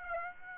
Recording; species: mosquito wingbeat signal from an infrared sensor; Aedes aegypti